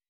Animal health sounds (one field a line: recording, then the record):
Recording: hydrophone in a shrimp aquaculture tank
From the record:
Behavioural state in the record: weakened